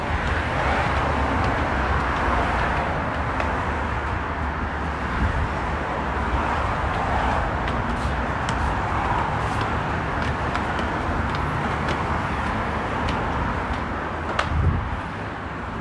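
A steady, dense rumble of a bus or metro ride, with a continuous low drone, faint speech, and a brief clunk near fourteen seconds.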